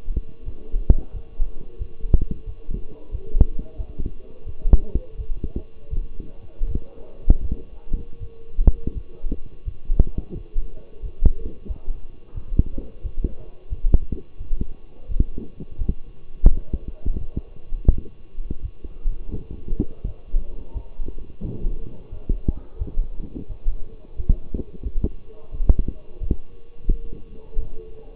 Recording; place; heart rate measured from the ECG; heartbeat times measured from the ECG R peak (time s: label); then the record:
heart sounds by stethoscope; between the tricuspid and mitral areas; 86 bpm
0.44 s: heartbeat
1.12 s: heartbeat
1.78 s: heartbeat
2.45 s: heartbeat
3.11 s: heartbeat
3.77 s: heartbeat
4.45 s: heartbeat
5.17 s: heartbeat
5.90 s: heartbeat
6.67 s: heartbeat
7.42 s: heartbeat
8.19 s: heartbeat
8.94 s: heartbeat
9.64 s: heartbeat
10.34 s: heartbeat
11.02 s: heartbeat
11.67 s: heartbeat
12.34 s: heartbeat
13.02 s: heartbeat
13.70 s: heartbeat
14.38 s: heartbeat
15.08 s: heartbeat
15.77 s: heartbeat
16.47 s: heartbeat
17.17 s: heartbeat
17.89 s: heartbeat
18.61 s: heartbeat
19.31 s: heartbeat
20.04 s: heartbeat
20.73 s: heartbeat
21.41 s: heartbeat
22.10 s: heartbeat
22.78 s: heartbeat
23.48 s: heartbeat
24.16 s: heartbeat
24.83 s: heartbeat
25.51 s: heartbeat
26.20 s: heartbeat
26.87 s: heartbeat
27.58 s: heartbeat
From the record:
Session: walking at 3.7 km/h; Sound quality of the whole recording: partially saturated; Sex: male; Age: 24 years